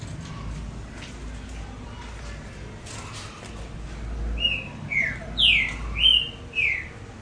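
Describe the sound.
Double-collared seedeater, a sequence of bright, downward-slurred whistles beginning partway through and repeating rapidly toward the end, over soft background noise.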